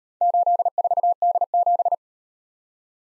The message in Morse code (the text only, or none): 84D7